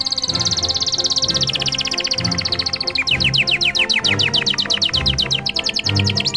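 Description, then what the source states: Canary song: a rapid high trill that turns into a series of quick, sharply falling whistled notes, repeated many times, over background music. Canary song played together with music.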